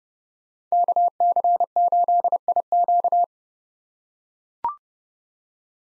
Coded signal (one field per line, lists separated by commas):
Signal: Morse code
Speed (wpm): 32 wpm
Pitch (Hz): 700 Hz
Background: none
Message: KC8IQ